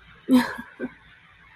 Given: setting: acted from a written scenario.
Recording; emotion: vocal sound without words; romantic love